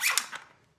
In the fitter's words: Load it in until it clicks.